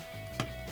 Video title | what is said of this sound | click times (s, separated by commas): LEGO Technic Mine Loader - LIVE BUILD & Review - BrickVault LIVE | yeah now this function feels a lot more solid oh it's such a satisfying little click I love | 0.4 s